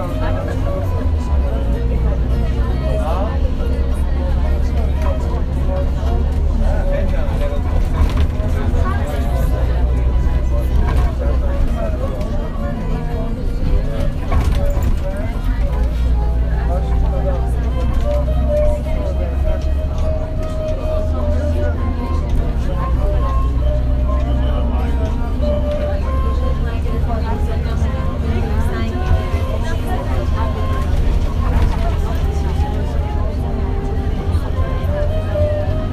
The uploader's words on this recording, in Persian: قيچكنوازي - اتوبوس راهآهن-وليعصر. نوازنده دورهگردي سازي مي زد كه نمي دانستم چيست.